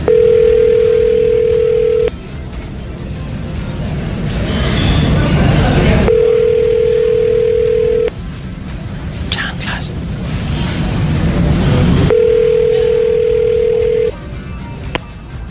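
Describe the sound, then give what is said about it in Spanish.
A steady single-pitched ringback tone from a redialed phone call repeats three times, each two-second ring followed by about four seconds of pause, with faint background noise and murmuring voices filling the gaps; the call goes unanswered. “Todavía no, aguanta, ve pensando, voy a marcar una vez más. Intentemos una vez más.”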